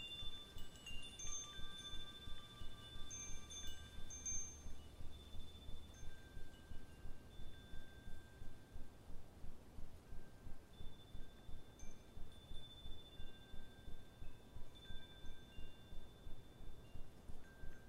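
Wind chimes ring with long, clear tones that hang and overlap, fading slowly over the whole stretch. A soft, low wind rumbles underneath, and brief high bird chirps flick in now and then, mostly in the first few seconds.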